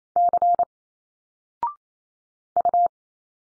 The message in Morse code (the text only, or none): C U